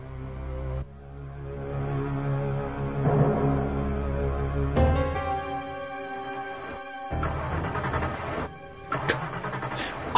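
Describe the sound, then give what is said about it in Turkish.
A police car pulls up and stops in front of a cinema, its engine rumbling with a steady low hum that shifts in pitch, then drops out briefly before the idling resumes. “Polis arabasına gelip sinemanın önünde durdu.”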